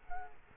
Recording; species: mosquito wingbeat signal from an infrared sensor; Culex quinquefasciatus